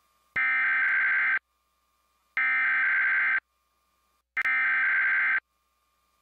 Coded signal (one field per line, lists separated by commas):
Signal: Emergency Alert System (SAME) tones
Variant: header bursts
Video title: EAS Test – KGW-NBC 8, Portland, OR (Undated)